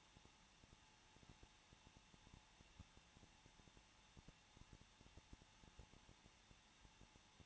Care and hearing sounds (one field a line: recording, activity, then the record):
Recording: daily activity, microphone in the room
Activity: no activity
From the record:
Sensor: 1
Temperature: 20.0 degrees Celsius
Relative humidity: 39.4%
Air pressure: 1006.4 hPa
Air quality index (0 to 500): 219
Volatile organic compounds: 82 ppm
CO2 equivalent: 3625 ppm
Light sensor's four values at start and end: 1/2/1/1 and 1/2/1/1